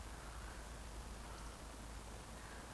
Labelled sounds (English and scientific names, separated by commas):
Eurasian Woodcock (Scolopax rusticola) whistle